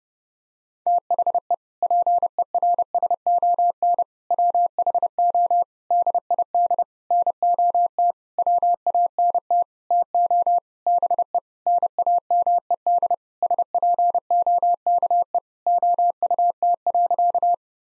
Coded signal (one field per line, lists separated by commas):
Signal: Morse code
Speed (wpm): 32 wpm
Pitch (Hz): 700 Hz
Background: none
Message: THE PERSON WHO DID NOT WANT TO BE NAMED SPOKE OUT.